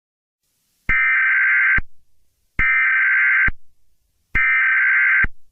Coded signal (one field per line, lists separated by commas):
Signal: Emergency Alert System (SAME) tones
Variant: header bursts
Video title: Eas Scenario 020 - The COLDEST Day in The History of the World